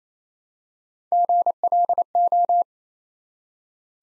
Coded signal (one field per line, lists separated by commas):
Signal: Morse code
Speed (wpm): 27 wpm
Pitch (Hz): 700 Hz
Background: none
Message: GLO